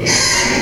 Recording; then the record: squeal of a Yucatan mini pig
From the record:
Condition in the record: before surgery on the right vocal fold (resection and tissue-engineered implant); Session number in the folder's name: 2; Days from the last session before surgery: 0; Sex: male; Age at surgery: 12 weeks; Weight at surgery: 13 kg